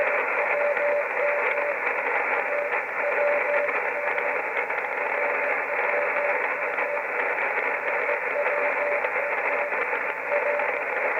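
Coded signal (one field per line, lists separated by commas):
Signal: radio time signal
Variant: RWM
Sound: faint on-off keyed tone like Morse code, buried in steady radio hiss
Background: radio static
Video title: RWM , Moscow, Russia time signal on 9.996 khz Morse code ID RWM RWM RWM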